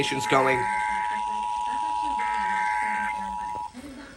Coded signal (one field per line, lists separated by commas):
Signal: Emergency Alert System (SAME) tones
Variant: 853 and 960 Hz attention tone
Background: speech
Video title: To Start off December… (San Luis Obispo County Monthly EAS Test) (12/1/22) (EAS #562-580)